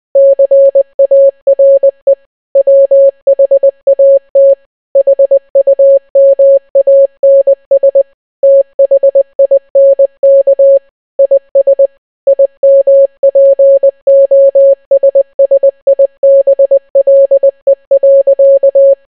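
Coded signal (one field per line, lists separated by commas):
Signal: Morse code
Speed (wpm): 20 wpm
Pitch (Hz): 550 Hz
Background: none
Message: CARE WHAT HUMANS THINK IS IMPOSSIBLE.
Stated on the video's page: Entire Bee Movie script translated into Morse code.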